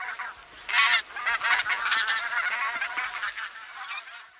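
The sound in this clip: Bean goose honks: a busy burst of overlapping nasal calls, loudest near the first second, then a steady babble of several geese calling together.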